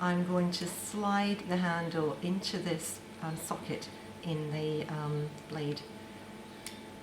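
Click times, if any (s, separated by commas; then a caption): 6.7 s. A scalpel blade, held flat between thumb and finger and still inside its foil packet, has a scalpel handle slid into its slot while someone talks. The handle is pushed gently until the blade clicks into place, with a short click heard at 6.7 seconds as it seats.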